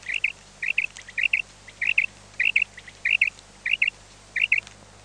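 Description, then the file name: Common quail call: paired sharp liquid notes, each pair repeated roughly every 0.6 seconds, clear and even throughout. "QUAGLIA"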